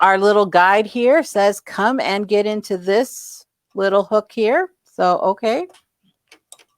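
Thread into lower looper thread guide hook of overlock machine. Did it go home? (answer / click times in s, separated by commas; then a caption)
yes / 6.5 s. On an Amber S|100 overlock machine, the lower looper thread is pulled into its small color-coded red thread guide hook while someone talks. After the talking stops, faint ticks are heard near the end, and the thread snaps into the hook with a sharp click at 6.5 seconds, seating in the guide.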